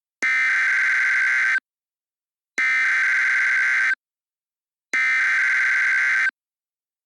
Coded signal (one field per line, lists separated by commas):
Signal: Emergency Alert System (SAME) tones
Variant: header bursts